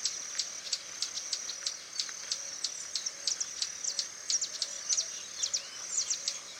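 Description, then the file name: Swallow-tailed hummingbird giving sharp, very high chips in quick irregular runs, with squeaky flourishes over a steady high-pitched ringing hum. "Canto do beija flor tesoura"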